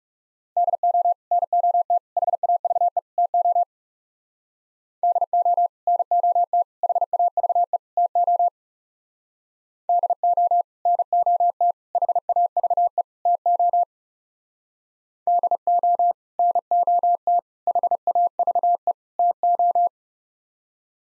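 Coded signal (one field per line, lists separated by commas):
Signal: Morse code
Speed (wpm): 37 wpm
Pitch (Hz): 700 Hz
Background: none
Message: DO NOT HAVE TO DO NOT HAVE TO DO NOT HAVE TO DO NOT HAVE TO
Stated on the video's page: Morse practice of four-word sets in speed-racing format, starting fast and slowing to a 30 wpm base, top speed 1.5 times base, final repeat at maximum speed.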